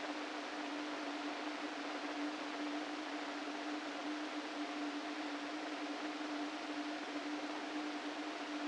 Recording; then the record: brain microelectrode recording played as sound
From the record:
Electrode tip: inside the subthalamic nucleus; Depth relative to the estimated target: -2 mm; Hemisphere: right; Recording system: NeuroSet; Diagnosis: Parkinson's disease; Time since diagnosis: 13 years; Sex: male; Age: 49 years